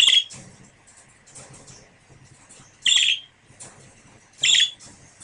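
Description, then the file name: Budgerigar calls: three loud, grating, high squawks, the second about three seconds after the first and the third about a second and a half later, with soft scratchy chatter in the background between them. A pair of budgerigars. "suara pasangan parkit. omkicau"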